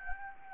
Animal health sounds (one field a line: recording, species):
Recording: mosquito wingbeat signal from an infrared sensor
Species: Anopheles gambiae